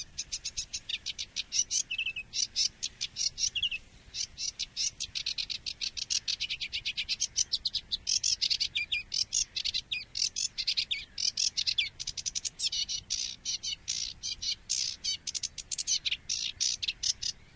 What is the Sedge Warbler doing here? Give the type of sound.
song